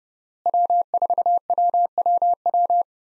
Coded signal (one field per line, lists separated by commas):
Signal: Morse code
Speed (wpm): 30 wpm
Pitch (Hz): 700 Hz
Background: none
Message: W4WWW